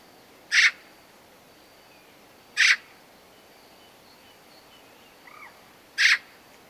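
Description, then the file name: Eurasian magpie giving three single harsh chack notes a few seconds apart; a faint thin whistle from another bird sounds between the last two. "Pica pica"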